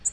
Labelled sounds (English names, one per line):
Nashville Warbler flight call